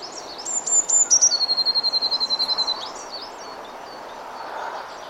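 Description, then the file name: Eurasian blue tit song: high thin notes leading into a fast, steady trill, over a steady background hiss. "Cyanistes caeruleus"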